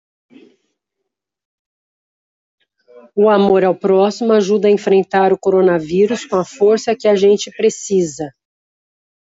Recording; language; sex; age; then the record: spoken sentence; Brazilian Portuguese; female; 50 to 59 years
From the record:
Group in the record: control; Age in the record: 57 years